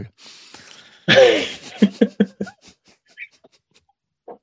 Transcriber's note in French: rires